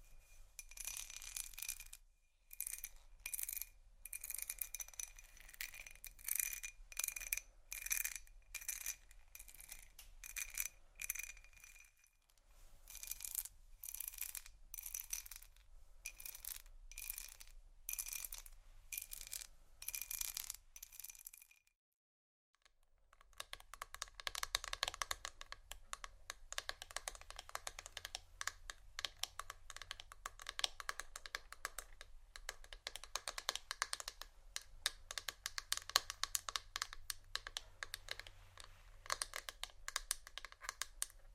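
Bursts of quick plastic taps and clicks fill the first twenty seconds, coming in clusters with short pauses and a faint ringing edge. After a brief silence near 22 seconds, a dense, steady crinkling scratch runs to the end over a low hum.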